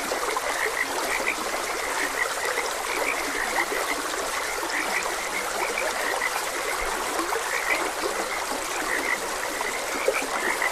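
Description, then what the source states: Frog chorus of quick repeated croaks, partly masked by a burbling stream that runs the whole time. Frogs croaking beside a gentle stream.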